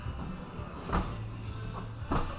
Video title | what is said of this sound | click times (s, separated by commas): Tool box build mobile welding rig | it just slides right back in locks | 0.9 s